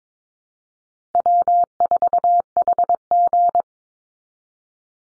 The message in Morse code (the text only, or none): W4HG